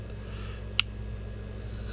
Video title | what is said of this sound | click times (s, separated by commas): How to replace a 2017 Toyota RAV4 3 Button Remote Head Key Battery | twist the flat tip over and you'll hear it pop | 0.8 s